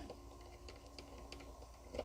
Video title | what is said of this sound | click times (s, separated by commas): W1209 Digital Thermostat Controlled Fan & New Fuse Box For The 12V System: A Moho Vlog | I don't like the feel of that. That screw stripped out or something. | 0.7 s, 1.0 s, 1.3 s